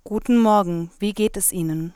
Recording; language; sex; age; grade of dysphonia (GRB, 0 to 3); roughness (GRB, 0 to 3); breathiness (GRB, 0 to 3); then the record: spoken sentence; German; female; 20 to 29 years; 0; 0; 0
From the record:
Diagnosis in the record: healthy voice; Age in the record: 20 years